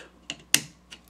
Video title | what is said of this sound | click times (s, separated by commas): Disassembly of tube fed 22 semi-auto rifle for cleaning | you hear it pop, and | 0.5 s